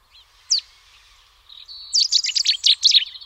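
Cetti's warbler with a single sharp note followed by a sudden, rapid burst of loud, high-pitched chirps that continues to the end.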